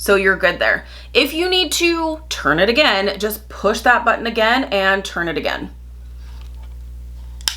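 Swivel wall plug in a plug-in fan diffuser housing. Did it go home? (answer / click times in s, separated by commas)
yes / 7.5 s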